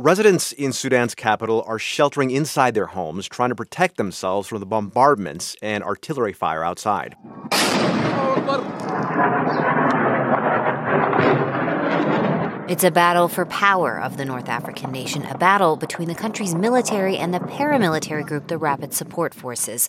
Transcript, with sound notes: Residents in Sudan's capital are sheltering inside their homes, trying to protect themselves from the bombardments and artillery fire outside.
(SOUNDBITE OF EXPLOSION) It's a battle for power of the North African nation, a battle between the country's military and the paramilitary group, the Rapid Support Forces.